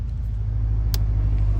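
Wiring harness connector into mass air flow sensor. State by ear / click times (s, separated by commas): seated / 0.9 s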